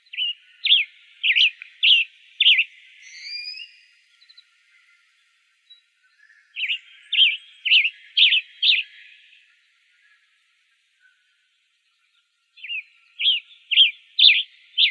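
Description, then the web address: Western tanager calls: three runs of crisp, rapid chirped notes, five to six per run, separated by several seconds of quiet. Recorded in Arizona on May 23, 2008. "Tanagers WETA"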